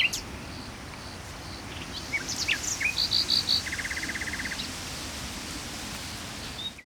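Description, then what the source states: Common nightingale song: a short burst of high sharp notes, then a quick series of bright repeated pulses, followed by a fast, even trill over steady background hiss. Trilling song, recorded in Saint-Chamas, Provence-Alpes-Côte d'Azur, France, just before nightfall, with a Line Audio microphone and a MixPre-3 II recorder.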